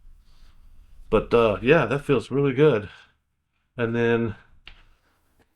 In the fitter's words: this locks into place.